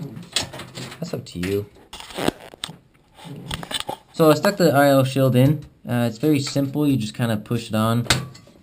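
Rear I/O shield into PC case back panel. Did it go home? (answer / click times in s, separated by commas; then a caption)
no / none. Someone talks while pushing a metal rear I/O shield into the opening in a PC case's back panel, with a few short handling taps along the way. Nothing has seated or clicked yet.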